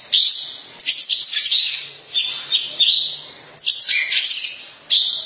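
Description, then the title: Oriental magpie-robin song in short bursts of high, bright whistles and chattering notes, each burst starting abruptly and fading before the next. Long-duration song. "Kacer"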